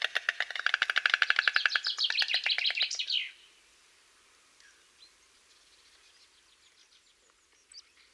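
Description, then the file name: White stork bill clattering: a rapid rattle lasting about three seconds that ends abruptly, followed by near quiet with a few faint chirps. "Bocian bialy"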